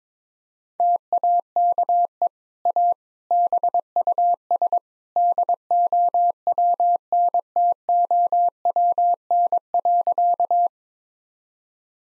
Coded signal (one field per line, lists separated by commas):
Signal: Morse code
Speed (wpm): 22 wpm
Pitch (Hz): 700 Hz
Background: none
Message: TAKE A BUS DOWNTOWN.